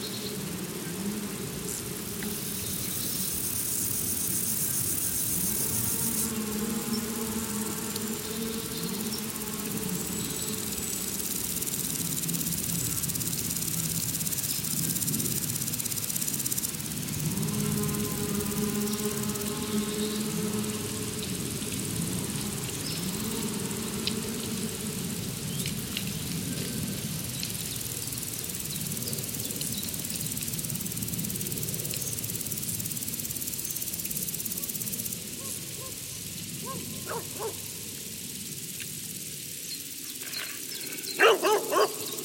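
A forest soundscape with a steady hum and bright insect drone, stacked buzzing tones swelling around 7 and 20 seconds, quieter after 35.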